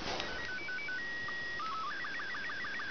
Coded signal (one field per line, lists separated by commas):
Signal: SSTV (slow-scan television)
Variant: Robot 36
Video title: Baseband Radio Transmission--Better Lighting